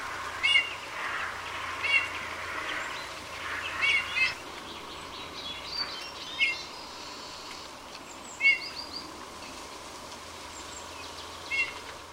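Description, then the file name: Eurasian bullfinch giving short, soft piping call notes, repeated at irregular intervals of about one to four seconds, with faint other bird sounds and a quiet background hiss. "gimpel"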